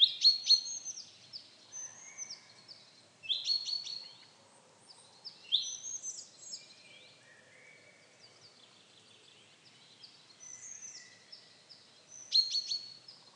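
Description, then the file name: Common chaffinch giving sharp, high call notes in short bursts every few seconds. "Fringilla coelebs"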